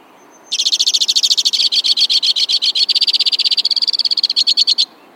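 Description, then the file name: White-winged crossbill delivering one long trill of rapid pulses, about four seconds long. "suara-kicauan-burung-white-winged-crossbill 3-omkicau"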